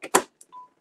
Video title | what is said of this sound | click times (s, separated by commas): Embroidery Tips & Tricks LIVE with Michael Smith | boom, that just locks into place in my CM17. | 0.1 s